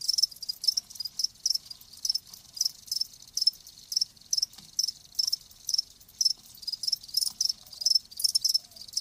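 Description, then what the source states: High-pitched cricket chirping, steady short pulses repeating about twice per second through the whole stretch. Live crickets, presented as a sleep sound.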